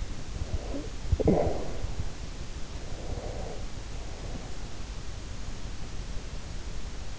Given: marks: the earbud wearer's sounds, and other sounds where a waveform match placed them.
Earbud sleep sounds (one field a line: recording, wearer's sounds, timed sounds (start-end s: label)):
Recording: sounds in sleep by an in-ear microphone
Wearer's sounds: snoring breath, breath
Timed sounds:
0.35-2.22 s: snoring breath
2.64-4.97 s: breath